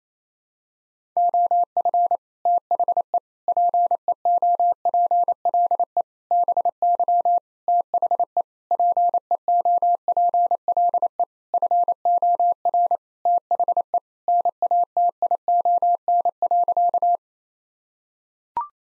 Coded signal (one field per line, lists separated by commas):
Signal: Morse code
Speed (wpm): 28 wpm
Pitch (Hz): 700 Hz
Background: none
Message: OF THE PEOPLE BY THE PEOPLE FOR THE NATION.